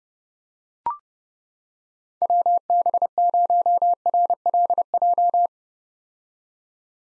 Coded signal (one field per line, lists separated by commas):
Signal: Morse code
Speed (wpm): 30 wpm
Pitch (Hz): 700 Hz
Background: none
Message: WB0RLJ